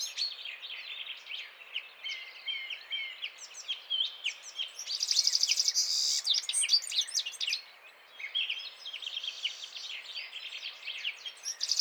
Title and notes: Printemps de Venturon. 17 mars 2017-Vallon de Combeau - Drôme. le chant du Venturon montagnard ( Serinus citrinella)